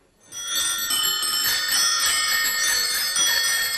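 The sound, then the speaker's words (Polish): Bicycle bells ring continuously in a dense, overlapping metallic jangle, bright and high-pitched, starting abruptly after a brief pause and staying loud throughout with no voices. “No może nie ma dzwonków, bo rzadko w rowerach górskich jest dzwonek, ale chodzi o rowery.”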